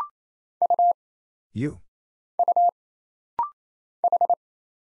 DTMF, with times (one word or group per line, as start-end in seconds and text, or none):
none